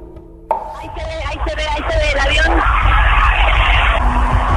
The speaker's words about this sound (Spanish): mientras sobrevuela el aeropuerto, la multitud grita y viva el nombre de Zelaya